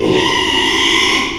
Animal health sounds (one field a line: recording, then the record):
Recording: squeal of a Yucatan mini pig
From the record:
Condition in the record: after surgery on the right vocal fold (resection and tissue-engineered implant)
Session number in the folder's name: 1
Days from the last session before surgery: 6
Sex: male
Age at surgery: 12 weeks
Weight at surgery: 13 kg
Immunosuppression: cyclosporine, prednisolone